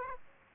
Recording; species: mosquito wingbeat signal from an infrared sensor; Aedes aegypti